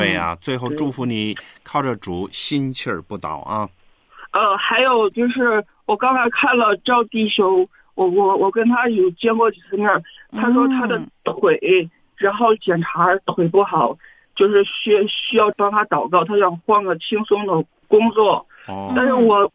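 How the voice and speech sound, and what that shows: Mandarin speech from an adult male caller on a radio phone-in line, with repeated words, a repeated 'x' sound and stretched syllables: stuttering. He describes himself as somewhat stuttering and as getting stuck, unable to get words out, at key moments.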